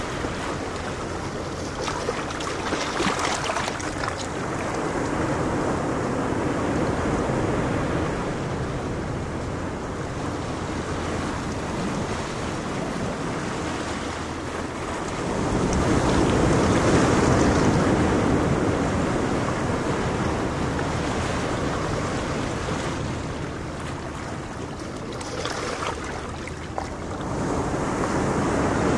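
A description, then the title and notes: Ocean waves wash steadily in a dense rushing roar, swelling louder around fifteen seconds, with a low rumble underneath like an engine. Soothing Ocean Waves: sleeping sounds. Crashing waves for sleep. White noise, calming waves, ocean sleeping sounds.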